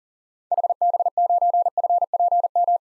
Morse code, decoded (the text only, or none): HB9FPM